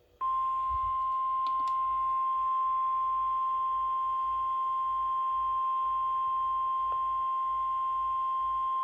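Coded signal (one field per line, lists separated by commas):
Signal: Emergency Alert System (SAME) tones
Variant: 1050 Hz attention tone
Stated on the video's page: Flood warning from the Charleston, West Virginia office, broadcast on NOAA Weather Radio KJY68.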